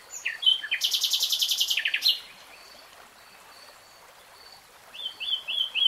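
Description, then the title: Nightingale song: a few sharp notes lead into a rapid buzzy rattle, followed by silence and then a short run of repeated whistled slurs. Nightingale singing in real time. "[Tiếng chim hót] Nightingale Singing"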